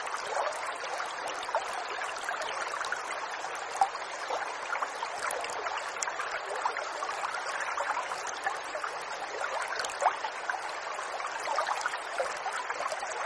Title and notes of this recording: Water Flow Sound. Sound of Running Water